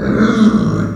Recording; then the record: squeal of a Yucatan mini pig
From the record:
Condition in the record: after surgery on the right vocal fold (resection and tissue-engineered implant); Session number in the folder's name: 7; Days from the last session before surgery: 47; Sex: female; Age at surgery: 19 weeks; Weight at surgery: 25 kg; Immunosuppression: prednisolone